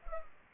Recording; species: mosquito wingbeat signal from an infrared sensor; Culex pipiens